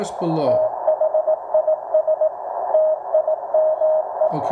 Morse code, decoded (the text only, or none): THIS TIME